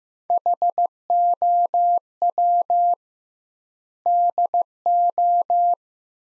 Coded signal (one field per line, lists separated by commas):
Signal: Morse code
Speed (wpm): 15 wpm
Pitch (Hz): 700 Hz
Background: none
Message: HOW DO